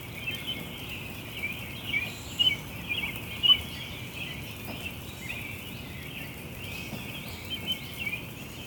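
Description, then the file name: Birds chirping in a high busy chorus, with a few louder short notes standing out early on over steady hiss. Chestertown, Maryland, June 5 2017. "Birds Chirping Chstertown MD June 5 2017"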